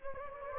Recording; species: mosquito wingbeat signal from an infrared sensor; Anopheles gambiae